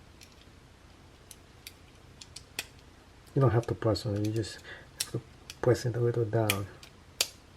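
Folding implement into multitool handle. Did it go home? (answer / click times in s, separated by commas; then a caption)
yes / 7.2 s. A folding implement on a Leatherman Signal Coyote Edition multitool is pressed a little down and in to close it into the metal multitool body while someone talks, with faint clicks and handling sounds beforehand. A single loud snap at 7.2 s marks the implement snapping into place, seated.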